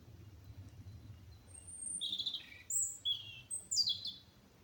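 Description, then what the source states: Bird song of a high whistle then a few sharp chirps and a descending warbled note, over a soft low background hum. Recorded at Olesa de Bonesvalls.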